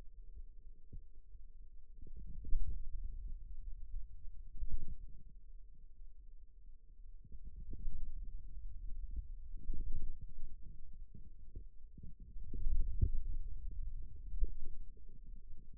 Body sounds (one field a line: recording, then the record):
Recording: forearm muscle sounds (acoustic myography)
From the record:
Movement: ulnar deviation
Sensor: system 2, bracelet of six BSWA MPA416 microphones around the upper forearm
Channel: 5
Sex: male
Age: 22 years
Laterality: right